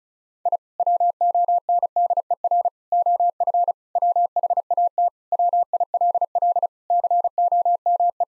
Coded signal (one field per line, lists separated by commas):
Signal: Morse code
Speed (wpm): 35 wpm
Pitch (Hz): 700 Hz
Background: none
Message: I WONDER OF WHAT WILL COME